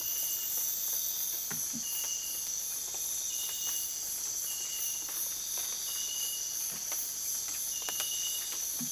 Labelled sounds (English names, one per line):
none